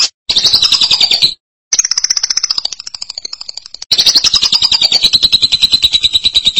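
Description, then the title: Lovebird chattering in rapid, high-pitched buzzy pulses, broken by a few short silent gaps, then a dense, even rattle through the end. "BM Suara Burung Lovebird"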